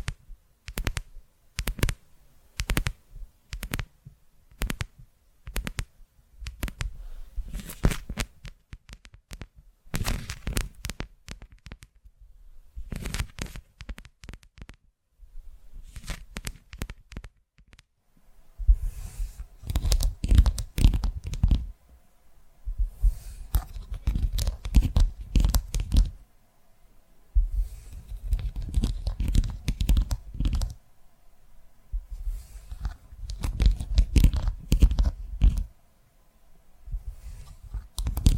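ASMR tapping made of quick, sharp taps with a soft low thud under each. The first half is a fast, uneven stream of separate taps; after about 19 seconds they bunch into dense flurries separated by short pauses.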